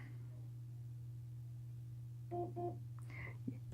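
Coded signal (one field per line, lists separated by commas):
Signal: beep code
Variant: Sonicare toothbrush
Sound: two short beeps over a steady low hum, then faint rustling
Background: electrical hum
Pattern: 2 short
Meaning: The timer has been turned on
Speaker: if I do it again that means two beeps flashing green twice it's on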